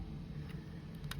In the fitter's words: that way around that's just clicked into place perfectly